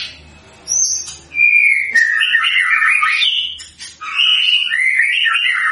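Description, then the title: White-rumped shama song, loud warbled whistles sliding up and down, broken by a short pause before another rolling whistled phrase. Actively singing white-rumped shama used as a lure to provoke a response from other shamas. "PANCINGAN MURAI BATU GACOR"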